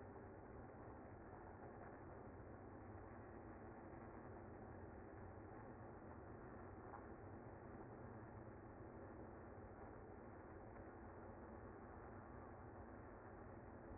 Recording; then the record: honeybee colony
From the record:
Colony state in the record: active